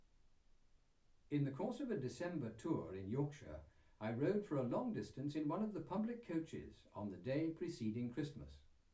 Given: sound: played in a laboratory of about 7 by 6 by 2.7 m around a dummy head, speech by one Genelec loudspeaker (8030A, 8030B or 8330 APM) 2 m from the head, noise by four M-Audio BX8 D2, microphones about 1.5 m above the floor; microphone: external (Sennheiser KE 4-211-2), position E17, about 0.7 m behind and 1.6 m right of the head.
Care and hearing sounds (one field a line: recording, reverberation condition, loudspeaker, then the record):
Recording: male speech in English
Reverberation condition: low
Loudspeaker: 60 degrees to the left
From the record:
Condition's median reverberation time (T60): about 310 ms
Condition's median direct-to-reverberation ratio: about 3.5 dB